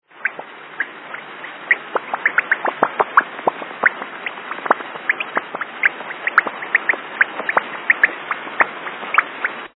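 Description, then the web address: Bat echolocation: irregular, dry clicks and short ticks scattered over a steady hiss, some in quick bursts. "netopyr echo Nlai"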